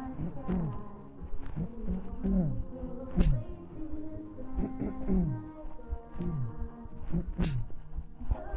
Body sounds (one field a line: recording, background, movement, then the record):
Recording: throat clearing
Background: music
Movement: walking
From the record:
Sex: male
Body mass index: 20.5 kg/m2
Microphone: on the chest, facing the body